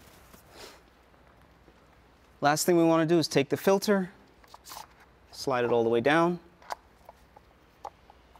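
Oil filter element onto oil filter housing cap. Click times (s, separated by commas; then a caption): 6.7 s. A paper oil filter element for a 2015–2018 Mercedes C-Class, E-Class or GLC with the M274 engine (W205, W213, W253), fitted with three O-rings, is slid all the way down onto the plastic oil filter housing cap while someone talks. A sharp click at 6.7 s marks the element seating onto the cap, followed by a few quieter handling taps.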